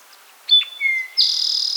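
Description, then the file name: Eastern towhee song: short high introductory notes, a lower drawn-out whistle, then a fast trill held to the end, loud and clear over a quiet background. "Eastern Towhee - Pipilo erythrophthalmus"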